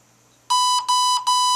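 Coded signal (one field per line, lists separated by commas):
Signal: beep code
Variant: Red Brick 30A ESC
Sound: half a second of quiet, then three short bright beeps, the last cut off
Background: faint low hum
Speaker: timing I want to do that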